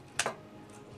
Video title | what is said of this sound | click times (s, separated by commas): Studios Series Rampage Review | there you go. So do you hear that snap inside? | 0.2 s